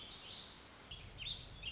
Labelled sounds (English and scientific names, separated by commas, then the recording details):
Warbling Vireo (Vireo gilvus)
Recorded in Sonoma County, California